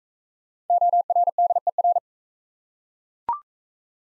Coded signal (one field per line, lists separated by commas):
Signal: Morse code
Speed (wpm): 40 wpm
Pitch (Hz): 700 Hz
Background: none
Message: ORDER